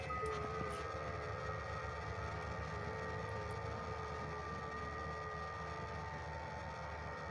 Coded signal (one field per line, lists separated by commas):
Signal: FT8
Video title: Power's Out! Quick Test-Portable Station. Multiband Vertical Antenna 20/17/15/12/10 Meters.